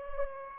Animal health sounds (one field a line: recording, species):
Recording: mosquito wingbeat signal from an infrared sensor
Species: Anopheles gambiae